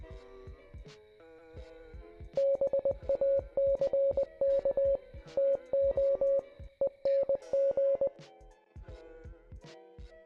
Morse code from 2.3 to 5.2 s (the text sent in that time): BACK